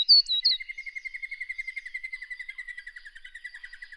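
Scarlet honeyeater song: two bright high tinkling notes open, followed by a long rapid series of thin, evenly spaced chips that slowly fall in pitch.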